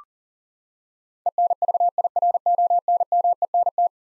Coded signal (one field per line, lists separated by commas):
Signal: Morse code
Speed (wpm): 40 wpm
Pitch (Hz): 700 Hz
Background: none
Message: ENVIRONMENT